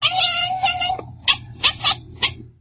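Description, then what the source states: Cat meowing: a long drawn-out meow, then four short, sharp meows in quick succession. A pet cat.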